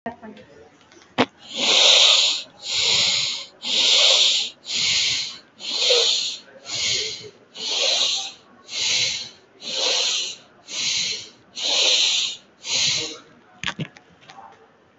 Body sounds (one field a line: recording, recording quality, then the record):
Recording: deep breathing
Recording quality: excellent, no background noise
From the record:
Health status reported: respiratory illness, not identified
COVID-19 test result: negative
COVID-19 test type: RT-PCR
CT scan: taken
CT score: 0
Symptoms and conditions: cold, breathing difficulty, fatigue, muscle pain, chronic lung disease, another respiratory illness, hypertension, another condition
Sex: male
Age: 32 years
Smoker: no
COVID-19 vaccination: one dose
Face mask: worn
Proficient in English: yes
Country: India